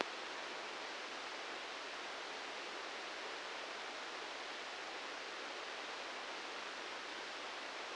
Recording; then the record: brain microelectrode recording played as sound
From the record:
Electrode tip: outside the subthalamic nucleus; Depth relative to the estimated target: -3 mm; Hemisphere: right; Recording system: NeuroSet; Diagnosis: Parkinson's disease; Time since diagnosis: 19 years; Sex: female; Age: 69 years